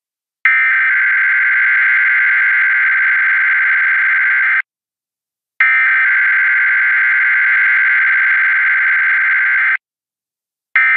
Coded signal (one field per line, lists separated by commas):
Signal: Emergency Alert System (SAME) tones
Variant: header bursts